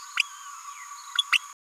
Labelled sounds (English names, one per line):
Green-rumped Parrotlet babbling